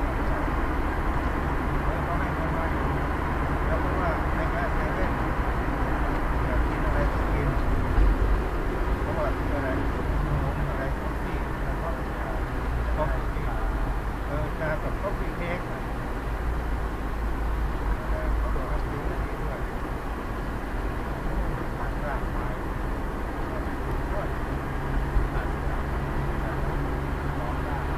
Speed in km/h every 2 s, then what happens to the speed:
48, 49, 51, 51, 53, 53, 53, 52, 50, 44, 41, 39, 39, 39.
10-21 slows to 39. 21-28 steady at about 39.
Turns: none.